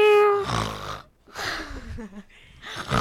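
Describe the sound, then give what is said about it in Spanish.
A voice imitates a cat, giving a few strained, nasal meows with wavering, gliding pitch, mixed with raspy, breathy snorting sounds between them. “Yo digo, otro gato.”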